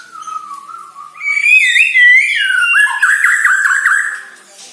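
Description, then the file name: White-rumped shama song: low whistle rising into bright ringing notes, then a quavering warbled phrase that fades out. Borneo; lure recording intended to make shamas sing actively. "Sara Pancingan Murai Batu Borneo Agar Gacor Dor"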